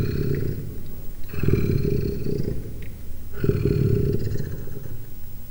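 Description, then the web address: Leopard growling in three deep, rasping bursts of about a second each, separated by short pauses, with rough low rumbling throughout. Three-month-old leopard cub growling, captive at Miskolc Zoo, 2009, recorded from a few centimetres away. "miskolcizoo 2009 standardt leopard"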